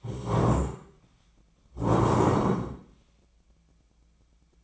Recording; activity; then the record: daily activity, microphone in the room; stand up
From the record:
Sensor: 1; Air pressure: 1012.3 hPa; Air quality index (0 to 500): 171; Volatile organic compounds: 3 ppm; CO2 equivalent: 1407 ppm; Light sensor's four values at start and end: 44/120/49/59 and 45/121/50/61